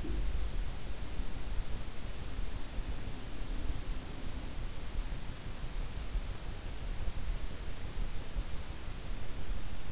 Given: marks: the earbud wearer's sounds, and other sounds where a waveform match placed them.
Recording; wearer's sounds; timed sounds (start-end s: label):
sounds in sleep by an in-ear microphone; teeth grinding
0.00-0.28 s: teeth grinding